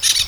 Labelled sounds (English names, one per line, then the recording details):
Brown-throated Parakeet contact call
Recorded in Venezuela
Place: Guárico; Corozopando; Fundo La Fe
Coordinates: 8.506, -67.593